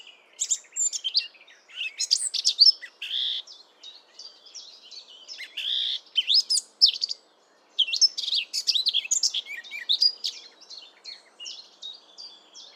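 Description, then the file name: Eurasian blackcap song in several bursts of scratchy, jumbled warbling with brief gaps, including one clear silence midway. "Sylvia atricapilla"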